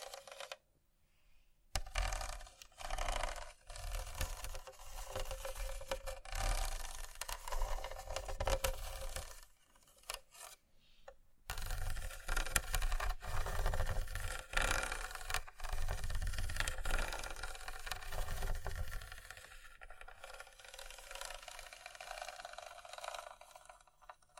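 Close ASMR scratching: dense, rough strokes of a nail or tool rubbing a surface, run together into a steady, gritty rasp with a low rumbling undertone. The sound stops briefly near the start and again around ten seconds, then continues, easing slightly toward the end.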